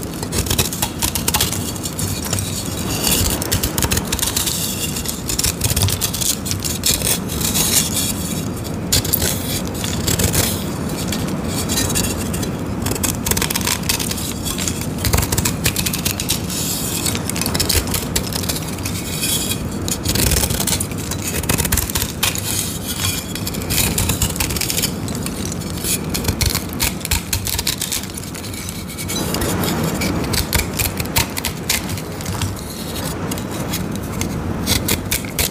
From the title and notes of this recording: Shaving dyed gym chalk blocks. ASMR Shaving green dyed gym chalk and shards sandwich crush.